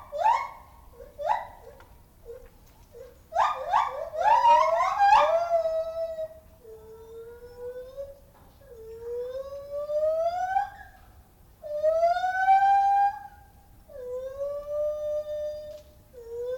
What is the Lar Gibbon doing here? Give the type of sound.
call